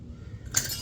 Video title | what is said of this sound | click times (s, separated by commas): How to Replace the Front Brake Pads on a 2019-2025 Silverado and Reset the Service Light. | You're going to stick it in until it snaps in. | 0.6 s